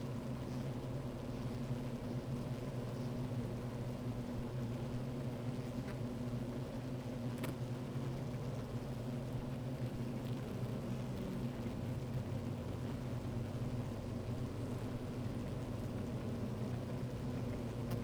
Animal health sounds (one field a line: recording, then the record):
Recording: honeybee colony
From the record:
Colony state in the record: active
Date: 28 July 2017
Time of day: 12:59